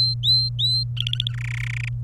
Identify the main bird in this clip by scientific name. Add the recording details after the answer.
Serinus canaria. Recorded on 27 April 2018 at 14:13. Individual llb3